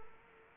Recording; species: mosquito wingbeat signal from an infrared sensor; Culex quinquefasciatus